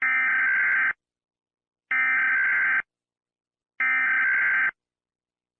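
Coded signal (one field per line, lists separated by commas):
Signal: Emergency Alert System (SAME) tones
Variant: header bursts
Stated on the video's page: Fictional EAS scenario, not a real alert.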